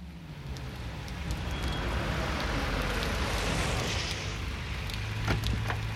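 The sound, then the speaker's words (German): A car's low engine rumble idles and slows to a stop at the curb by a bus stop near a factory on a cold, windy evening, over the steady hiss of pouring rain, with a few soft clicks and knocks near the end. “Plötzlich hielt ein Wagen am Bordstein.”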